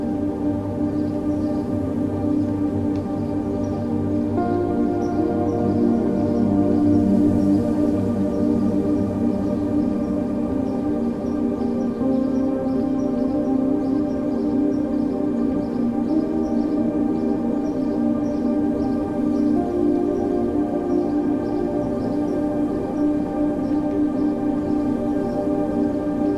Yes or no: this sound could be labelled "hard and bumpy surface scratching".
no